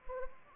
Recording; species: mosquito wingbeat signal from an infrared sensor; Anopheles gambiae